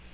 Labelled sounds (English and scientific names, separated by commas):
Black-throated Green Warbler (Setophaga virens) flight call